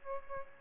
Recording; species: mosquito wingbeat signal from an infrared sensor; Aedes albopictus